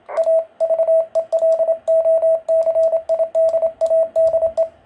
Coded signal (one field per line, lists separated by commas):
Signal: Morse code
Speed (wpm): 27 wpm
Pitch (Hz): 650 Hz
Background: radio noise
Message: A VELOCIDADE